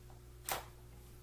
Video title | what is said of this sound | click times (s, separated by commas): Firewall Holsters | and it pulls out and re-holsters very nice you can you can probably hear it click a little bit | 0.5 s